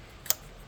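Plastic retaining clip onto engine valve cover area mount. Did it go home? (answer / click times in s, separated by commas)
yes / 0.3 s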